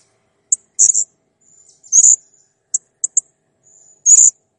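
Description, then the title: Blue-crowned hanging parrot uttering scattered sharp high tweets and short shrill trills at irregular intervals. Song training material for cage songbirds; clear, lively singing. "Masteran Burung Serindit Masteran Serindit Gacor Jernih"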